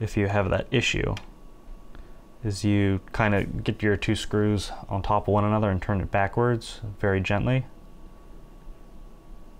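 Someone talks while a small metal screw rests on top of its threaded hole in the body of an inoperative Argus C3 camera, about to be turned backwards very gently so its threads line up and are ready to engage. A faint, brief tick is heard near 2.0 s, but nothing has seated or clicked yet.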